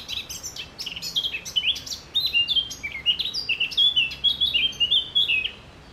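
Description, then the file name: Eurasian blackcap song: a fast, continuous warble of high, varied notes and slurred whistles, running almost without pause through the whole stretch. "Sylvia atricapilla"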